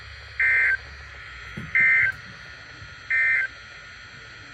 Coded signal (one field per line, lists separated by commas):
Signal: Emergency Alert System (SAME) tones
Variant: end-of-message bursts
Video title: EAS Alerts 8057-8068 At Camp From 07/16/25